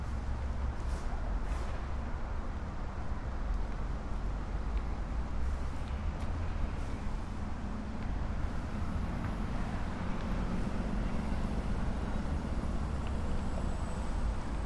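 A walk through Marpole, filled with a steady low rumble of road traffic that stays even for the whole stretch. A few brief clicks and small knocks surface near the start and around the middle, and a thin high whine rises late on.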